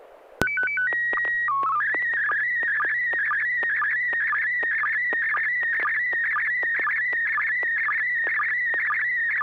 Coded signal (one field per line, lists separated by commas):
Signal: SSTV (slow-scan television)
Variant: PD 120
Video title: N6NA SSTV Net - 12/01/2021